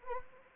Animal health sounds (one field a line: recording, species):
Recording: mosquito wingbeat signal from an infrared sensor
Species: Anopheles arabiensis